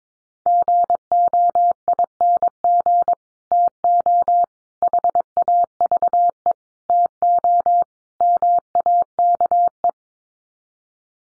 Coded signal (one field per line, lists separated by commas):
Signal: Morse code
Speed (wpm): 22 wpm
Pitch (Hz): 700 Hz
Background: none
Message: GOING TO HAVE TO MAKE